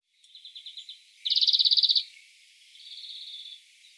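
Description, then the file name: European greenfinch calling with a short soft trill, then a loud rapid rattling trill, and a quieter trill trailing off at the end. "Chloris chloris"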